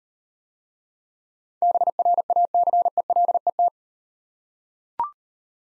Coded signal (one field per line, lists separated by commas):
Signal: Morse code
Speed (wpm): 38 wpm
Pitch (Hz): 700 Hz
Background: none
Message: BRACELET